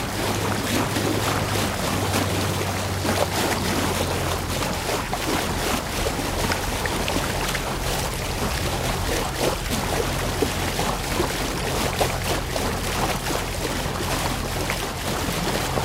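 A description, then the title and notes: A boat motor holds a steady low hum under constant splashing and lapping of water against the hull. The wash is dense and unbroken for the whole stretch, with small splashes scattered throughout and a faint rush of wind, all at an even level. Boat Ride: Relaxing Journey on Calm Waters. The gentle sound of water lapping against the boat's sides and the soothing hum of the motor.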